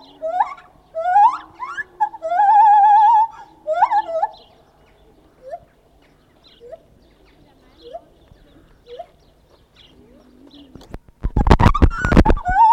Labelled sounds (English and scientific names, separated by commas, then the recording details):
Lar Gibbon (Hylobates lar)
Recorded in captivity
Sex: pair
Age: adult
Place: Tierpark Berlin, Berlin, DE
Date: 1970-03-15 11:18
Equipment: Uher 4200 Report Stereo, Transistorverstärker II, Sennheiser MD 421, Doppelspuraufnahme
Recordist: Tembrock, Günter
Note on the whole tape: Rufreihen des Paares, überwiegend vom Männchen (Abstand ca. 20 m). Gute Aufnahme